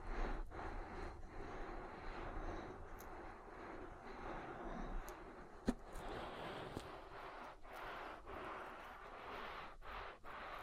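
Oily ear massage makes a steady, dense rushing and rubbing sound, broken by brief sharp clicks and dropouts, the loudest pop near six seconds.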